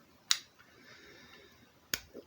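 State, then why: Seated. The metal spring-loaded front right stabilizer leg of a die-cast 1:24 fire truck model is pushed into its housing on the truck chassis and locks into place with a sharp click at 0.3 s. A second sharp click follows at 1.9 s against a quiet background. The stabilizer leg is seated and locked.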